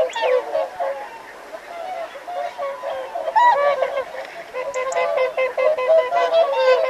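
Whooper swan flock calling, overlapping nasal trumpeting honks in uneven bursts, several birds answering one another.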